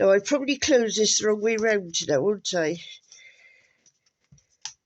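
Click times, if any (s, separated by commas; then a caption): 4.7 s. Someone talks, then after a few faint taps the small magnetic clasp on a handmade paper journal cover snaps shut with a short, sharp click at 4.7 s. The journal is closed and the clasp is seated.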